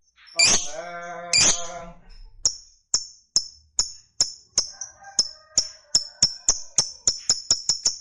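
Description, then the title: Lovebird opening with two loud harsh squawks, then high chirps that speed up into a quickening series. Fighter-type lovebird singing energetically (gacor). "Berkat SUARA Lovebird FIGHTER GACOR Ini"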